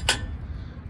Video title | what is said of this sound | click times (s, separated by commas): Elevators, Trains, And More Bus Stop Tours: Petaluma Transit Mall - Petaluma, CA | clicks into place now it's not going anywhere | 0.1 s